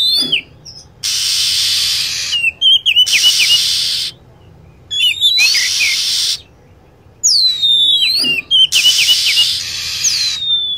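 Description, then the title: Lovebird chirps: piercing, swooping whistles and quick chattering clusters, recurring between heavy bursts of hissing noise. Lure sound used to attract lovebirds. "PIKAT BURUNG LOVEBIRD"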